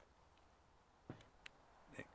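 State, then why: Seated. A plastic queen cage section is clipped onto another cage section underneath a comb to make two cages. It gives a sharp click at 1.5 s as it seats in place, with other small knocks and handling sounds around it. The part clicks securely into place.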